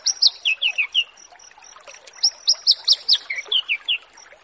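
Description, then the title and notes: Horsfield's bush lark song: two phrases of slurred, descending high whistled notes given in quick succession, over a faint rhythmic ticking. Bird-keeping song tutoring recording used to train caged birds. "Branjangan VS BURGER Masteran Mewah 1. burung BRANJANGAN"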